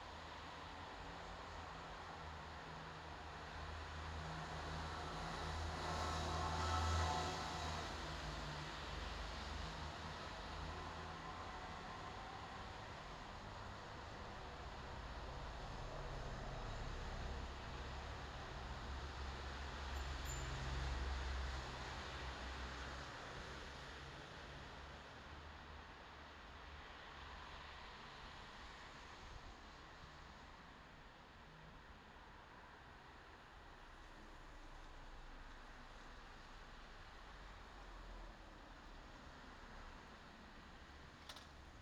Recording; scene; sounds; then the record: everyday scene through a hearing-aid microphone; in traffic; traffic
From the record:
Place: bus stop on a city main road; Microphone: in the ear canal, left